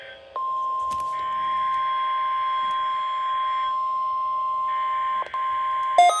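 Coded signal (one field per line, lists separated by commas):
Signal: Emergency Alert System (SAME) tones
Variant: 1050 Hz attention tone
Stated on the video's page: Required weekly test heard on two NOAA Weather Radio stations.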